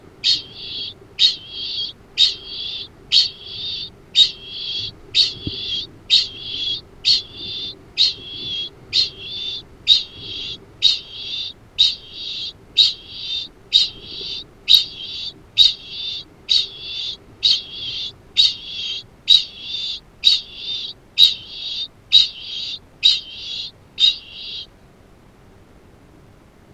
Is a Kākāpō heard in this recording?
yes